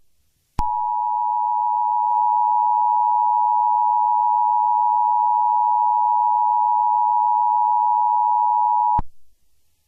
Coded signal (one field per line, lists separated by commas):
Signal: Emergency Alert System (SAME) tones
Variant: 853 and 960 Hz attention tone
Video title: An Abundance of Cutie Marks 2: The Return (EAS Scenario)